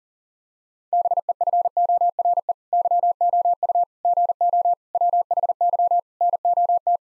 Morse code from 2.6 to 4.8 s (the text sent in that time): YOU GO